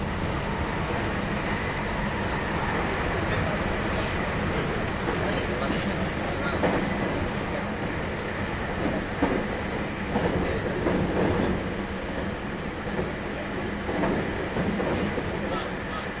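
A train runs steadily, a dense continuous rumble with a low, rough roar underneath and a hiss on top. Faint clicks and clanks of the wheels come through now and then, a little more often from around ten to fifteen seconds, while the level stays even throughout.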